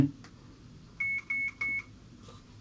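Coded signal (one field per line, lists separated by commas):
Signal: none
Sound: camera power-off beeps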